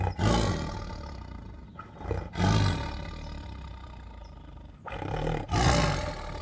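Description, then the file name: White tiger letting out loud rasping roars near the start, middle and end, with deep throaty growling filling the gaps between them. Angry white tiger growling, snoring and roaring. "White Tiger Angrily Growls, Snores and Roars [Sound Ideas]"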